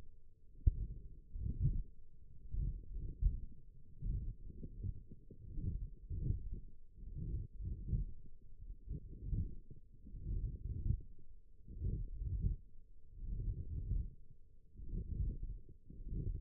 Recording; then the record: forearm muscle sounds (acoustic myography)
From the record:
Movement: wrist extension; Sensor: system 1, eight BSWA MPA416 microphones around the upper forearm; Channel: 2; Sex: female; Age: 20 years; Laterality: right